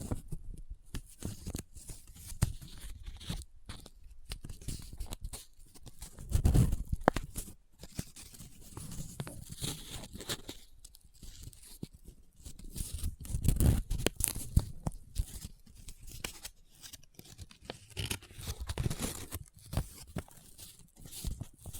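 Paper being handled, with dense crinkling, rubbing and scratching sounds that come in irregular bursts throughout. Heavier, fuller rustles swell around seven and fourteen seconds, and brief pauses separate quick, dry crackles that reach up bright.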